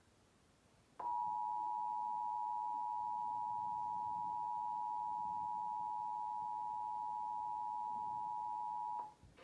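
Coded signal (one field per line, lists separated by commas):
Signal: Emergency Alert System (SAME) tones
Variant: 853 and 960 Hz attention tone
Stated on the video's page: Required Monthly Test heard on NOAA Weather Radio in Wisconsin.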